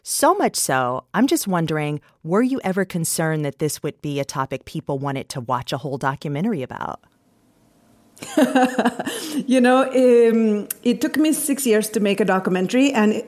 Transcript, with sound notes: So much so, I'm just wondering, were you ever concerned that this would be a topic people wanted to watch a whole documentary about?
(Laughter) You know, it took me six years to make a documentary.